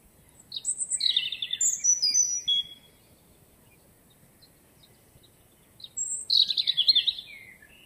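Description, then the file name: European robin song, high wavering whistles and squeaky trills in a phrase lasting about two seconds, then silence, then another bright twittering phrase. "Erithacus rubecula"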